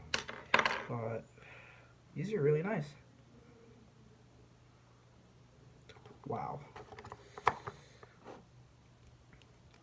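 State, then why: Seated. The hinged plastic lid of a wireless earbud charging case is worked open and shut, with a cluster of sharp clicks near the start and more light taps later. The lid closes onto the case body with a magnetic snap at 7.5 seconds, and it is confirmed shut. Someone talks between the clicks.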